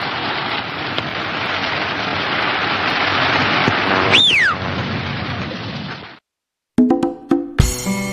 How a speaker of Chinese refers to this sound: 刚才你听到他吹口哨的那个声音，他就叫了一辆出租车，他们就直奔这个结婚的现场了。